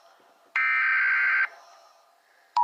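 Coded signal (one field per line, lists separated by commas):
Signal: Emergency Alert System (SAME) tones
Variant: header bursts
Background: speech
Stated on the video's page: Fictional EAS scenario.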